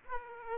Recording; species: mosquito wingbeat signal from an infrared sensor; Aedes aegypti